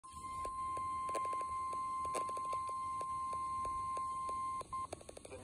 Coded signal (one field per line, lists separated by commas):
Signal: Emergency Alert System (SAME) tones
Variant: 1050 Hz attention tone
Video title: SVR EAS